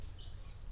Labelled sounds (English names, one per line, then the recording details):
Stitchbird song
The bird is a male
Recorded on Tiritiri Matangi Island, New Zealand, in 2005
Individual 11, of nest box 13